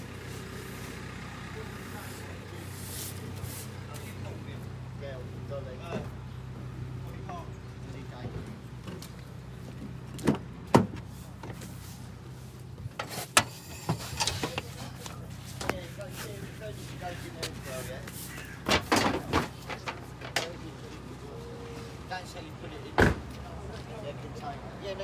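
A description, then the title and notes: At a recycling centre, low engine hum runs steadily under voices, with sharp clanks and bangs around the middle and near the end. Recycling Centre.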